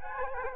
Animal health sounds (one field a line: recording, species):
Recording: mosquito wingbeat signal from an infrared sensor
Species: Culex quinquefasciatus